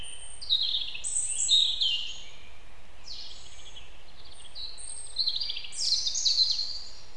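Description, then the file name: European robin singing several short phrases of high, liquid warbles and thin sliding whistles, each changing pitch abruptly, with brief pauses between them and faint low background hum. "Erithacus rubecula"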